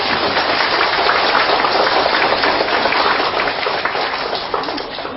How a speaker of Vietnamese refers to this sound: Xin tất cả bà con Phật tử cho một tràng pháo tay thật dài.